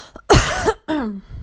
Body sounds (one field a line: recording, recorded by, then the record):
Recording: voluntary cough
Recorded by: messaging app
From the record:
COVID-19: negative